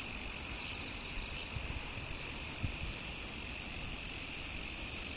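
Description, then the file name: Crickets keep up a continuous shrill, even trilling chorus with no pauses, plus a few soft low knocks in the background. "crikets"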